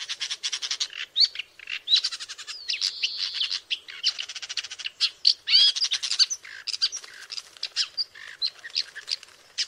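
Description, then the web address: Woodchat shrike singing a fast, scratchy warble of chattering notes, clicks and short whistles, continuous throughout with brief pauses. "sound Woodchat-shrike. صدای-پرنده-سنگ-چشم-کله-سرخ"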